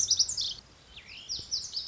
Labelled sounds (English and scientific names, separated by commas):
Lazuli Bunting (Passerina amoena)